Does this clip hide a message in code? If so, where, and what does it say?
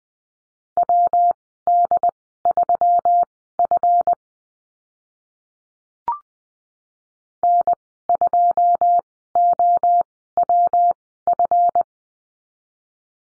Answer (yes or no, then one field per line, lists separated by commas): yes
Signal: Morse code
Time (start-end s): 0.8-11.8 s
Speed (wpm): 20 wpm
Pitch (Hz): 700 Hz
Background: none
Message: WD3F N2OWF